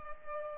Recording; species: mosquito wingbeat signal from an infrared sensor; Culex pipiens